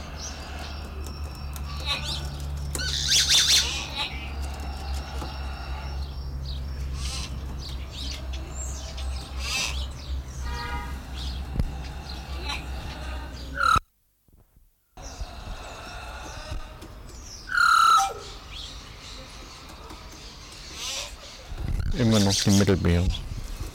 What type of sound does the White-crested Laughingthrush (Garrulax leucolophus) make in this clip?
call